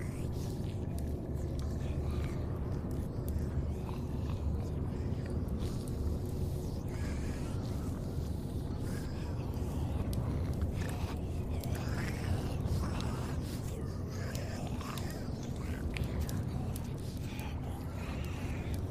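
Zombie apocalypse ambience with a dense, steady low rumble that never lets up. Over it come scattered wet, crunching bites and throaty groans, with short sharp clicks and snaps every second or two, busier around the middle and near the end.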